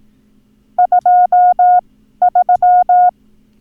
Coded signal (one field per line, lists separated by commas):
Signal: Morse code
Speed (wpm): 18 wpm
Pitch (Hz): 720 Hz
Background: none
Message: 23